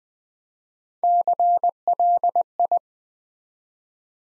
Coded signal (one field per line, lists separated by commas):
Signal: Morse code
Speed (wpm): 20 wpm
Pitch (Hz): 700 Hz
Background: none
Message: CLI